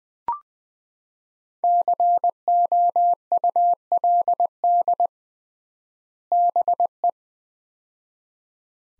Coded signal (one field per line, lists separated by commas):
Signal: Morse code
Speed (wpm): 20 wpm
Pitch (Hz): 700 Hz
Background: none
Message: COULD BE